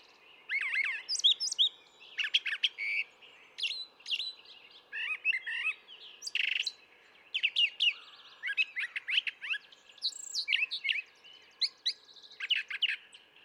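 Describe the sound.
Brown thrasher song: a long run of varied phrases, harsh and whistled, many repeated in pairs, over a faint steady hiss.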